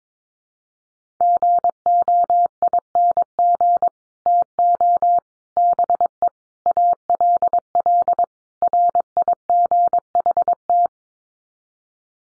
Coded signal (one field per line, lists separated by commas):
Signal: Morse code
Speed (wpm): 22 wpm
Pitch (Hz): 700 Hz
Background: none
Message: GOING TO BE ALL RIGHT